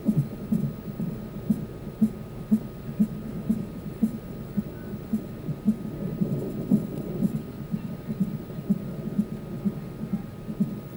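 Fast, muffled, low thumps repeat at about 120 a minute over a steady hum, with a soft whooshing between beats: a baby's heartbeat, the quick rhythm typical of a heartbeat heard before birth.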